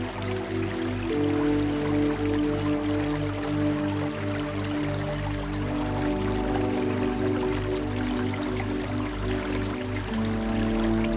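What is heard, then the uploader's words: Running water hisses steadily across the whole clip, dense and even, with a soft calm musical bed underneath. Low sustained tones hold and shift slowly, changing around the first and tenth seconds, over a gentle, regular deep pulse. Calming Running Water and Sounds of the Spa.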